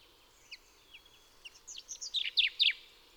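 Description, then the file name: Common chaffinch song: a quickening series of bright, descending chipping notes that grows louder and ends in a dense flourish, over faint background hiss. "Fringilla coelebs"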